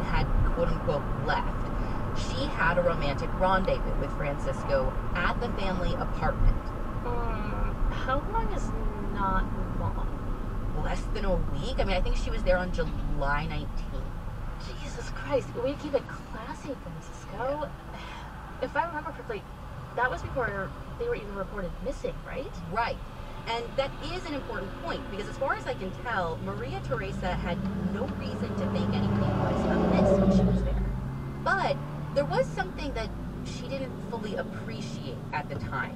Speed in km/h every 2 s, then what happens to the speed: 55, 53, 52, 48, 42, 34, 19, 8, 0, 0, 0, 0, 0, 0, 0, 0, 0, 0.
0-15 brakes to 0. 15-36 standing.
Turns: none.